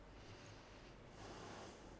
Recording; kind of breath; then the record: one breath in and out by a microphone near the nose and mouth; normal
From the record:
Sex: female